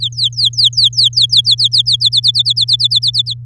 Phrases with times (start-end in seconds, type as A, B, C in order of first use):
0.00-1.96 A, 2.00-3.34 B